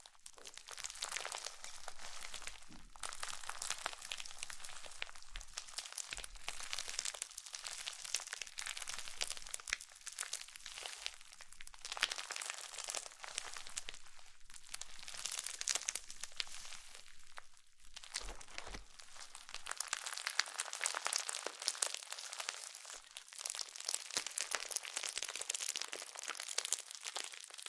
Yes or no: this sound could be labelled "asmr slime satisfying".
yes